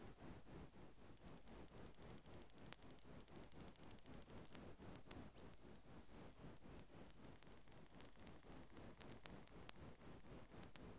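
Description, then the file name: Bottlenose dolphin whistles: several high, swooping frequency-modulated whistles rising and falling, over a dense rapid train of clicks and steady underwater noise. "GRAND DAUPHIN"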